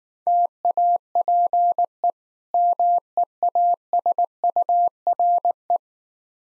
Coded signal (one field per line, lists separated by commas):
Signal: Morse code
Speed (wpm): 19 wpm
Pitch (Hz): 700 Hz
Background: none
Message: TAPE MEASURE